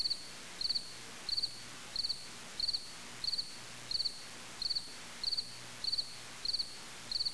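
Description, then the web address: Cricket chirping, short high pulsed trills repeated steadily about every two-thirds of a second, each chirp a quick burst of several pulses, over a soft low background hum. "wetwired cricket"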